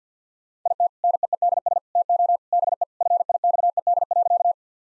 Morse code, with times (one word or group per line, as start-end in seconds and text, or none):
0.7-0.9 IT
1.0-1.8 NEEDS
2.0-2.4 TO
2.5-2.8 BE
3.0-4.5 FIXED.